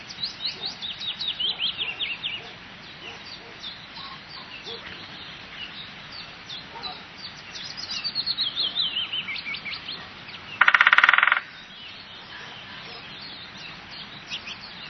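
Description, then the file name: Woodpecker makes a single short, harsh rattling burst partway through, after high trilled and whistled songbird phrases. "spechtgb"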